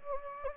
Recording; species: mosquito wingbeat signal from an infrared sensor; Anopheles gambiae